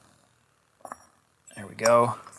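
A metal clutch inner hub is handled as it is lined up to mesh with the splines of a shaft in a Yamaha TRI-Z 250 two-stroke engine build. A couple of short metallic clinks sound at about 0.9 seconds, then someone talks. Nothing has seated or popped into place yet.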